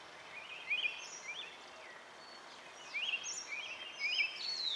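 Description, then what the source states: Birds singing high whistled phrases in a few clusters, with quieter notes between over faint background hiss. Recorded at dawn.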